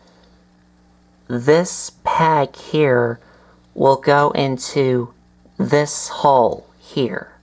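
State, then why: Not seated. Someone talks while handling a plastic 2007 Transformers Movie Ironhide toy robot during transformation, lining up a peg to push into a hole so that two parts lock into place. Nothing has seated or clicked yet; the peg is not home when the clip ends.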